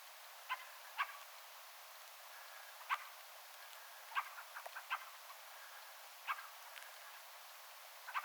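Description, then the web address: Fieldfare uttering harsh chack notes at irregular intervals, sometimes in quick pairs, over a steady hiss. Attention-seeking calls of a fieldfare, with a second and third fieldfare calling in the background; recorded 17 December 2024. "17 12 2024 rakattirastaan huomioaantelya taustalla toinen ja kolmaskin rakattirastas"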